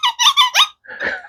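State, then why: Not seated. A plastic cap is pushed onto the sprayer neck of a Maison Alhambra Tobacco Touch perfume bottle, giving four short, high squeaks in the first 0.7 seconds, then a brief silence and a softer, rougher rubbing sound to the end. Nothing has clicked or seated; the cap is not a snap fit and does not feel secure, so a little tape is suggested for grip.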